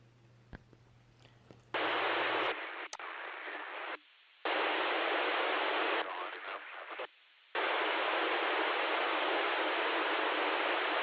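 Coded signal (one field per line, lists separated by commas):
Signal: digital SSTV (DRM)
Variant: KG-STV, MSK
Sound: steady harsh wideband hiss in long bursts, broken by short silent gaps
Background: radio static, low hum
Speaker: maintenant je vais passer un troisième le troisième passage à un essai dans un endroit beaucoup plus dégagée dans les champs pour voir effectivement ce que ce que ça donne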